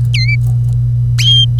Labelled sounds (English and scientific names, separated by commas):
Domestic Canary (Serinus canaria) song